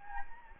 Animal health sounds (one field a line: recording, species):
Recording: mosquito wingbeat signal from an infrared sensor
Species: Anopheles gambiae